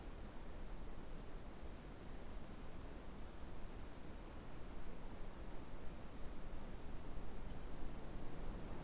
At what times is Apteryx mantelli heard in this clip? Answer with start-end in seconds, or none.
none